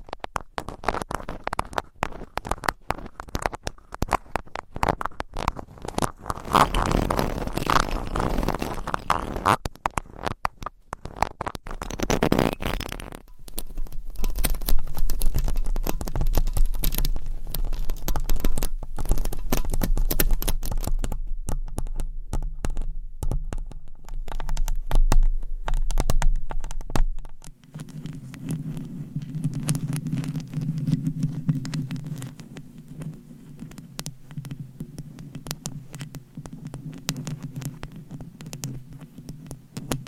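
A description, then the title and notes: Microphone scratching and tapping fills the recording, with dense bursts of sharp clicks and rough rubbing that come and go. A louder scraping patch sits around seven to thirteen seconds, then a low rumble holds until about twenty-seven seconds, after which a steady muffled hum takes over. Mic Scratching & Tapping on 7 Mics with DIY Mic Covers. No Talking.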